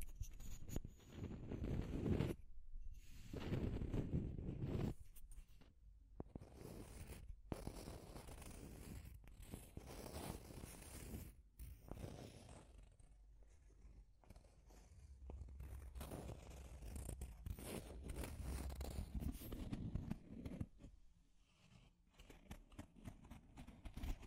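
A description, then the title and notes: Deep scratching with a rough, crunchy scraping texture, strongest in the low end and coming in uneven strokes and bursts. Short silent gaps break it up near 2, 7 and 11 seconds, and it grows quieter and sparser after about 21 seconds. Deep Scratching. (No Talking).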